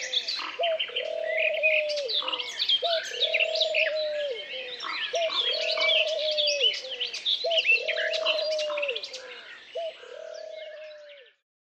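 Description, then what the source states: Birds in a busy chorus of bright chirps and trills over a low, steady cooing note repeated five times, fading at the end. Forest ambience.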